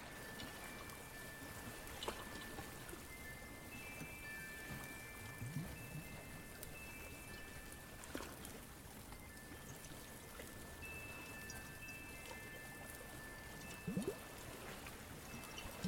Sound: A day at the beach, with birds, chimes, bells